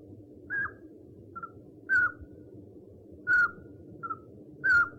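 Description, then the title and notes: Owl call: slightly falling whistled notes repeated at a steady pace, with softer, shorter notes between some of them, against a faint low hum. One of 69 call variants recorded from 11 owl species. "Sovy - Eulen - Owls. 69 variant hlasů - 11 druhů sov"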